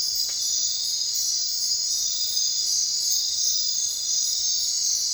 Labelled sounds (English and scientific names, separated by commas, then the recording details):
none
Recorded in secondary vegetation near Puerto Asís, Putumayo, Colombia, on 22 June 2025 at 22:00
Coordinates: 0.499, -76.323
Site G077